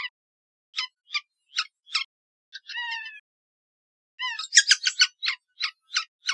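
Red-naped sapsucker with spaced scratchy notes, a drawn-out wavering squeal near the middle, then a fast excited cluster of harsh calls to the end.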